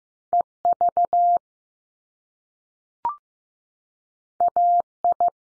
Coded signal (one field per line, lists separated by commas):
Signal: Morse code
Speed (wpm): 15 wpm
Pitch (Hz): 700 Hz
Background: none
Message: E V A I